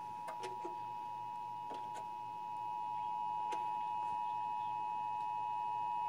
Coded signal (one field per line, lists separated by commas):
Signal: Emergency Alert System (SAME) tones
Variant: 853 and 960 Hz attention tone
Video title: Emergency Alert System National Periodic Test 9/28/2016 1322 at WCDZ WCMT